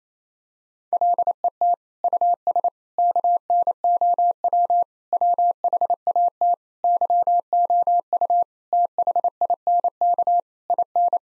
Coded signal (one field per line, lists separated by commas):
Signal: Morse code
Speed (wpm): 28 wpm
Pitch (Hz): 700 Hz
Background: none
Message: LET US KNOW WHAT YOU THINK IN